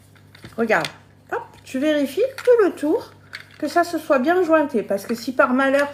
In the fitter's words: vers moi j'ai du mal à le faire ok une fois que tu as entendu le petit clic tu l'as entendu